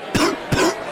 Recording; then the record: coughing mixed with background sound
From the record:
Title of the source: Coughing 46